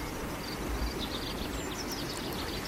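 Faint, high-pitched sparrow chirps repeat in short bursts, partly masked by the steady, loud rush of river water underneath; the river's flow has risen considerably.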